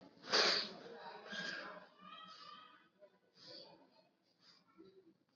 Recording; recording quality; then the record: shallow breathing; excellent, no background noise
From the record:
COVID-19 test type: RT-PCR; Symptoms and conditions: cough, fatigue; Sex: male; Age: 30 years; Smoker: no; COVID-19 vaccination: both doses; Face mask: worn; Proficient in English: yes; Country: India